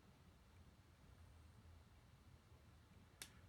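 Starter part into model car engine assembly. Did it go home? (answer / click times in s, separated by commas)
yes / 3.2 s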